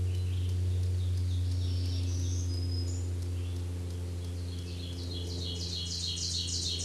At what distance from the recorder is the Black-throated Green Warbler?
about 20 m